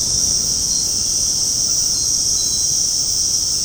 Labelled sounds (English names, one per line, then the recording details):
none
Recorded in secondary vegetation near Puerto Asís, Putumayo, Colombia, on 19 February 2024 at 21:30
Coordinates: 0.489, -76.322
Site G6419